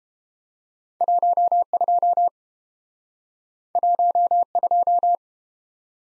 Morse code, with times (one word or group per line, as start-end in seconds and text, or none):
1.0-2.3 12
3.8-5.1 12